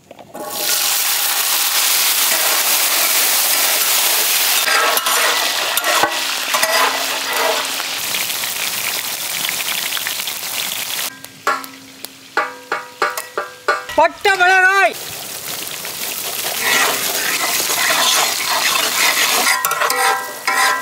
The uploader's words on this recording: Lamb Ribs BBQ Cooking In Village. Then we fried it in our traditional method by using simple ingredients.